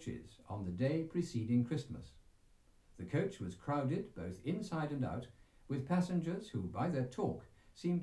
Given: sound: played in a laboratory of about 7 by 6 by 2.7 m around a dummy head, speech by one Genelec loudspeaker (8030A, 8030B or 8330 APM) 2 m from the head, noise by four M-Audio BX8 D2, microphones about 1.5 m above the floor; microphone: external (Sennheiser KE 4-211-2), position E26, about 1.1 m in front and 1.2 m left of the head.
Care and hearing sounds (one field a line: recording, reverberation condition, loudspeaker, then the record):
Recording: male speech in English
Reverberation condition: low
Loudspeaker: 60 degrees to the right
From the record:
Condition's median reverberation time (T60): about 310 ms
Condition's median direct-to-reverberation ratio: about 3.5 dB